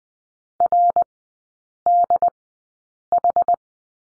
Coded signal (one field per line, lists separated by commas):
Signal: Morse code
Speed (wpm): 19 wpm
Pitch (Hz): 700 Hz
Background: none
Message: RDH